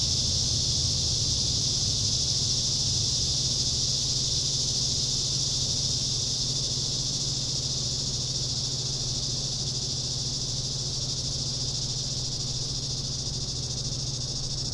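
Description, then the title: Cicadas droning in a loud, constant high-pitched buzz that never pauses, with a low rumbling hum in the background. Summer. "neoscenes: summer cicadas"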